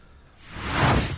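A dog snoring, with a swelling, whooshing breath that rises in loudness, and the flapping sound of the dog's cheeks as it snores.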